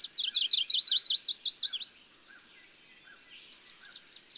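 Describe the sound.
Bird song: a rapid, rolling run of high swooping notes, a quiet pause, then a few sharp chips near the end.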